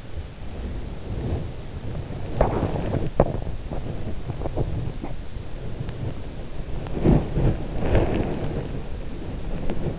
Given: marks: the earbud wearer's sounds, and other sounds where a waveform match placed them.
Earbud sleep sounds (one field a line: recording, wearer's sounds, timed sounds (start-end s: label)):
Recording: sounds in sleep by an in-ear microphone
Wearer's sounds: body movement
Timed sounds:
0.00-9.96 s: body movement